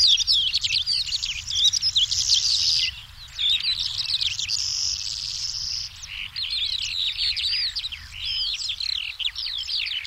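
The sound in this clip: Calandra lark in rambling high song, rapid chirps and slurred whistles in bursts with a short pause near three seconds, over faint low background noise.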